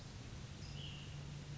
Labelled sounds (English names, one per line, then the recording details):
Ash-throated Flycatcher
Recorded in Sonoma County, California